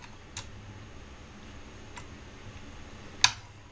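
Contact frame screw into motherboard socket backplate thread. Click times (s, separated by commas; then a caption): 3.2 s. An Allen key turns a small metal screw anti-clockwise on a CPU contact frame for an Intel 12th and 13th Gen processor, backing it over the motherboard socket backplate thread. Faint ticks come at about 0.4 and 2.0 s, then a sharp, loud click at 3.2 s as the thread start drops into place. The screw is seated.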